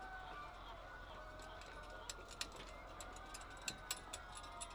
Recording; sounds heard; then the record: poultry house recording; healthy chickens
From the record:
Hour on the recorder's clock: 8